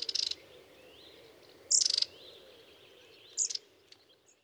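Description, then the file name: Long-tailed tit giving three brief, very high buzzing trills, each a rapid stuttering rattle, with quiet background noise. "Orite longicaude"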